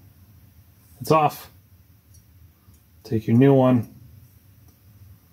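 A replacement furnace flame sensor is picked up and positioned by hand before its wire connector is slid on. Someone talks in two short bursts, around 1.0–1.4 s and 3.1–3.8 s, over a faint low background. Nothing has seated or clicked yet.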